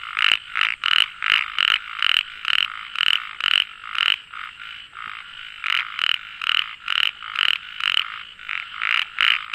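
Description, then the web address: Frog calling in loud, buzzy, rasping pulses, about two per second, with brief pauses in the series midway. "frog rec 130714"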